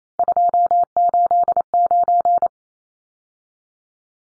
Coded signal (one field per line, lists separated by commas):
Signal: Morse code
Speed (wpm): 28 wpm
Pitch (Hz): 700 Hz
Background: none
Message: 289